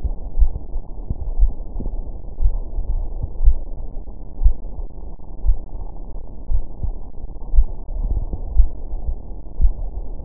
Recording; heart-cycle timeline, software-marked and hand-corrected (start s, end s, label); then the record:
heart sounds
0.00	0.37	diastole
0.37	0.53	S1
0.53	0.93	systole
0.93	1.01	S2
1.01	1.39	diastole
1.39	1.53	S1
1.53	1.93	systole
1.93	2.03	S2
2.03	2.41	diastole
2.41	2.53	S1
2.53	2.91	systole
2.91	3.05	S2
3.05	3.41	diastole
3.41	3.57	S1
3.57	3.95	systole
3.95	4.03	S2
4.03	4.41	diastole
4.41	4.55	S1
4.55	4.95	systole
4.95	5.03	S2
5.03	5.45	diastole
5.45	5.57	S1
5.57	5.97	systole
5.97	6.07	S2
6.07	6.51	diastole
6.51	6.63	S1
6.63	7.03	systole
7.03	7.11	S2
7.11	7.53	diastole
7.53	7.67	S1
7.67	8.09	systole
8.09	8.21	S2
8.21	8.55	diastole
8.55	8.71	S1
8.71	9.07	systole
9.07	9.15	S2
9.15	9.59	diastole
9.59	9.73	S1
9.73	10.13	systole
10.13	10.23	S2
10.23	10.25	diastole
From the record:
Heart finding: coronary artery disease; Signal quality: good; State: rest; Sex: female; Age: 43 years